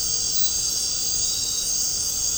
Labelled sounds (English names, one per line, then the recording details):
none
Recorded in dense forest near Puerto Asís, Putumayo, Colombia, on 13 March 2025 at 20:00
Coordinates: 0.467, -76.328
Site G041